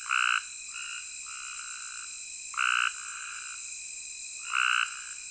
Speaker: Not far down the road from the campground, I discover a small group of Cope's gray tree frogs sounding off from thick vegetation in a dry ditch.